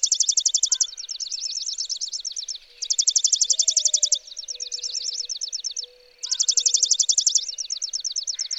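Chipping sparrow song: fast, dry, even trills of high chips lasting about a second, alternating with a slower, looser trill, with faint lower whistles.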